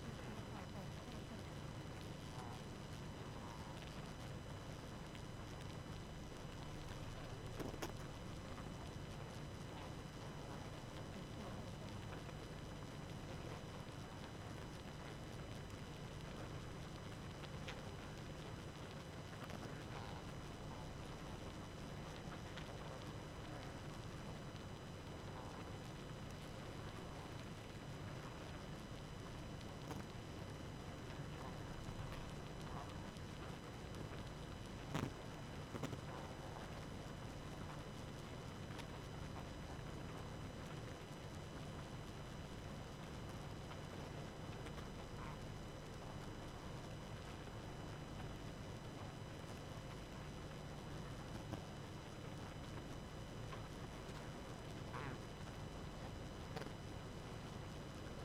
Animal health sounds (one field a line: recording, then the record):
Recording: honeybee colony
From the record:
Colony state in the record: active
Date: 12 June 2018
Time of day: 23:22